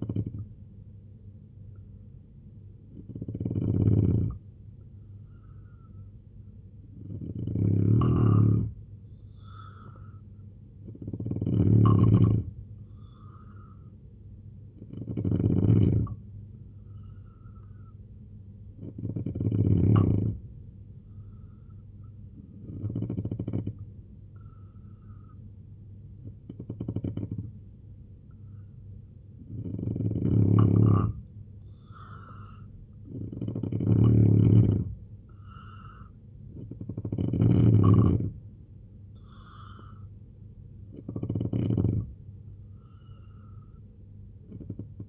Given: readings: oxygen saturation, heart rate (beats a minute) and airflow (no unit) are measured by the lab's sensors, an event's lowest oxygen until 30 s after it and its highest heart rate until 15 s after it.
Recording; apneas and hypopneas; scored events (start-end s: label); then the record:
breathing in sleep by a smartphone at the bedside; 1
19.00-34.20 s: hypopnea (N2, oxygen 89% highest, then 86% lowest, heart rate 69 at the start, 78 highest)
From the record:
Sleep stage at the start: N2 (light sleep); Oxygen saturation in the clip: 85 to 89%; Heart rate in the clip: 67 to 79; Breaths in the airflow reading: 10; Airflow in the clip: -3.1 to 5.2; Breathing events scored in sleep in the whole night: 258 in 7.4 hours asleep